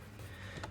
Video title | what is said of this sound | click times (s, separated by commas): DIY: 2013-2020 Ford Fusion - Hood Release Handle Replacement! | You can kind of feel it kick in there, and boom, it clicked in just like that. | 0.6 s